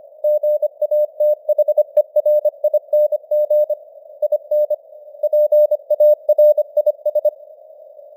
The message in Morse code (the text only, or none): GATHERING IN PARIS